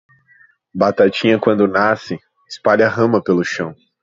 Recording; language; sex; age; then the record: short text; Brazilian Portuguese; male; 20 to 29 years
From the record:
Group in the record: control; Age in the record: 20 years